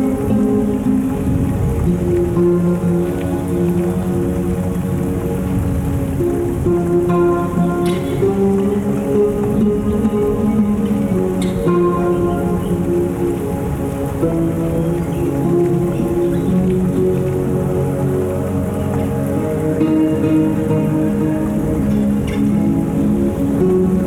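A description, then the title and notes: A steady rainstorm hisses without letup while a dreamy guitar plays soft, sustained low and middle notes that drift and overlap. The level holds even throughout, with a couple of brief sharper taps near the eight- and twelve-second marks. Rainstorm and Dreamy Guitar.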